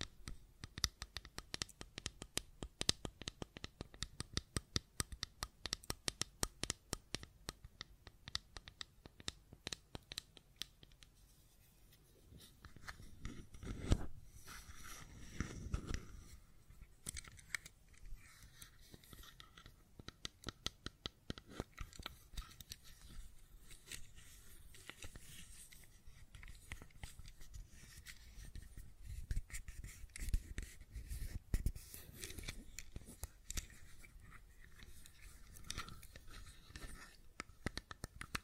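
Fidget cube tapping and clicking, a quick, busy stream of small sharp clicks. The first ten seconds are densest and fastest, then the clicks thin and soften, with a few low thuds around 14, 16 and 31 seconds. A faint steady hum stays underneath.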